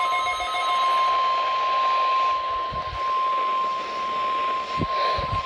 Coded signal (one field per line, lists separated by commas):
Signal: Emergency Alert System (SAME) tones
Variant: 1050 Hz attention tone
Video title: RWT EAS 70